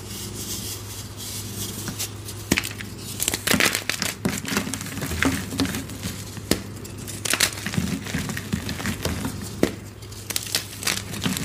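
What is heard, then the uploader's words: Gym chalk being crushed, with dry crumbling and crinkling sounds throughout. Sharp crackles and snaps break through at irregular moments, the loudest near 2.5, 3.5, 6.5 and 10 seconds, over a steady low hum that runs the whole time. Baby Oil Gym Chalk Crushing Compilation.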